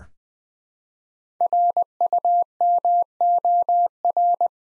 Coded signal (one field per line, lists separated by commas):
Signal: Morse code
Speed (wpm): 20 wpm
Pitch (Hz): 700 Hz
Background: none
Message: RUMOR